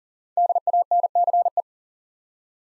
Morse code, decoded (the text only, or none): DANCE